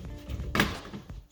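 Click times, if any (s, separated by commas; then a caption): 0.6 s. A wall thermostat body is hooked over the top of its wall-mounted base plate and pressed down. At 0.6 s it snaps into place with a sharp, strong thunk and a brief bright burst, then quieter handling follows, and the thermostat is seated on the base.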